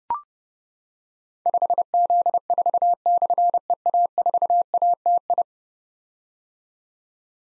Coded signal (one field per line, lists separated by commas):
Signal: Morse code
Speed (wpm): 30 wpm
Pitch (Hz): 700 Hz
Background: none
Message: 5Z4/EA4ATI